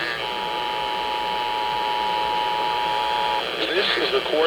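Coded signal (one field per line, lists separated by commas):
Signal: Emergency Alert System (SAME) tones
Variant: 853 and 960 Hz attention tone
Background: speech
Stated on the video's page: Monthly EAS tests.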